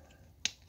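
While transforming a plastic Core class Starscream action figure, a panel is folded around and slid over the figure's knees until its tab seats into the slot, which can be finicky. A single sharp, bright plastic click sounds at 0.5 s against faint low background noise, then fades quickly to quiet. The tab clicks into place.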